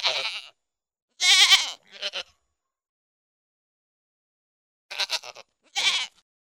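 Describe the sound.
Goat bleating: five wavering bleats, one longer and louder than the rest, in two groups separated by a few seconds of silence.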